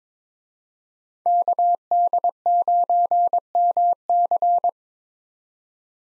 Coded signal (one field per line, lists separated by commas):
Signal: Morse code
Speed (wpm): 22 wpm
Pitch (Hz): 700 Hz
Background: none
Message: KD9MC